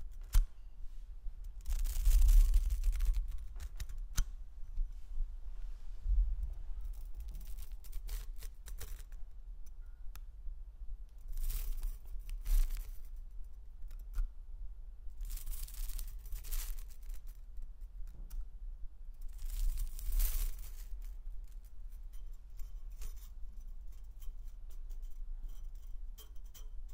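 A metal toy is handled and played with, giving off short bursts of bright, scraping, snipping noise that recur every few seconds, strongest near 2, 11–12, 15–16 and 20 seconds. Between bursts come quieter clicks and a low rumble from handling.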